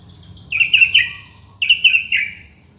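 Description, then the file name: White-rumped shama song, two short bright phrases of quick slurred whistles. Borneo. "murai batu borneo"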